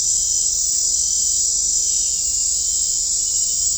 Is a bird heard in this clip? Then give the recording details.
no. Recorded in dense forest near Puerto Asís, Putumayo, Colombia, on 16 December 2024 at 20:30. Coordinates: 0.499, -76.324. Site G045